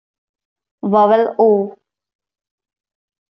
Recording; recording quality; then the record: sustained vowel as in boot; excellent, no background noise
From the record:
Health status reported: healthy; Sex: female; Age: 23 years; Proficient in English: yes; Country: India